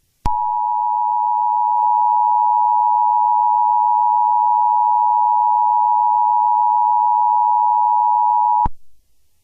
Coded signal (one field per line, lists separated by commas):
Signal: Emergency Alert System (SAME) tones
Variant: 853 and 960 Hz attention tone